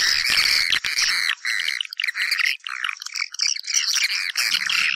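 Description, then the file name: Swiftlets giving loud, harsh chirps and squeaky twitters in overlapping bursts, with several short gaps. Lure sound used to attract swiftlets for nest farming. "Am thanh du yen"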